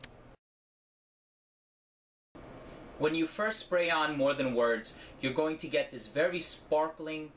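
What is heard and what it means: The heavy cap of a Xerjoff More Than Words fragrance bottle is put back on over the atomizer and clicks into place with a sharp, short click at 0.0 s, seating the cap. Silence follows until about 2.4 s, after which someone talks.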